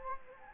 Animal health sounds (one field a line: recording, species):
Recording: mosquito wingbeat signal from an infrared sensor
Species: Anopheles gambiae